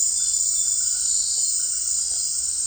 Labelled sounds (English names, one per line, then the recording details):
none
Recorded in dense forest near Puerto Asís, Putumayo, Colombia, on 29 June 2025 at 18:30
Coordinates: 0.468, -76.322
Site GP03